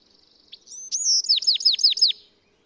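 Bewick's wren song, a high buzzy lead-in and a sliding whistle, then a rapid run of several falling notes, with a faint low hum beneath.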